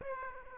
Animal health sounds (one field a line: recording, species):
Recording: mosquito wingbeat signal from an infrared sensor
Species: Aedes aegypti